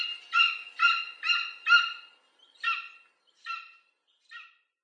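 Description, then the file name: Golden eagle calling with four strong, evenly spaced harmonic yelps, followed by three shorter, fainter notes trailing off. "orzelprzedni"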